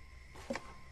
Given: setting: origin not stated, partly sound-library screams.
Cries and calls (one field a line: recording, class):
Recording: one-second piece from a danger detection set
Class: normal situation